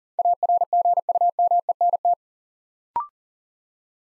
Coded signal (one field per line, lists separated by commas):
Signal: Morse code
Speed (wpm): 40 wpm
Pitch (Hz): 700 Hz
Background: none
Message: ARGUMENT